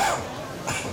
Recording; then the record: coughing mixed with background sound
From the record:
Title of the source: Spring Cold Coughing 2